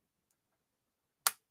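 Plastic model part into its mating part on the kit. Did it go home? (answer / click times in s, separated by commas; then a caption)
yes / 1.3 s. A plastic model kit part is pressed into its mating part on the kit until it snaps into place. After near silence, a single sharp, bright click is heard at 1.3 seconds, and the part is seated.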